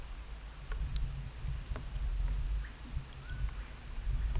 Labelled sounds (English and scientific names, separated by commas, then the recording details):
none
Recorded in pastures near Puerto Asís, Putumayo, Colombia, on 21 December 2024 at 11:30
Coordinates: 0.486, -76.323
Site GP01